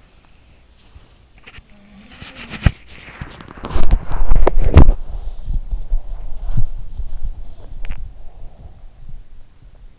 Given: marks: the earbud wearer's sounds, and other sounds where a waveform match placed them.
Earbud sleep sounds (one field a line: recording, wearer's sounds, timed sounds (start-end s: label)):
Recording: sounds in sleep by an in-ear microphone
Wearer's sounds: body movement, teeth grinding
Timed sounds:
0.00-9.28 s: body movement
1.38-3.04 s: sound from someone else or the room
6.56-8.25 s: sound from someone else or the room
7.54-8.21 s: teeth grinding
9.75-9.99 s: sound from someone else or the room